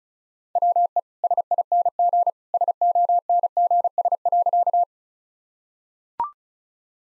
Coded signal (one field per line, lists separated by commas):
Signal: Morse code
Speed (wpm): 36 wpm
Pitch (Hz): 700 Hz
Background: none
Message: WE SING SONGS.